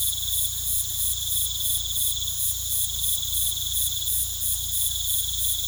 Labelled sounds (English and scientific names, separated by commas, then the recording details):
none
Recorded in pastures near Puerto Asís, Putumayo, Colombia, on 18 December 2024 at 19:30
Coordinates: 0.486, -76.323
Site GP01